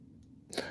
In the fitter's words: what happens is when you put your finger up here, first you feel like a little click and then it goes.